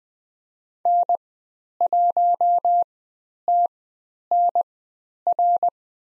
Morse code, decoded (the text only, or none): N1TNR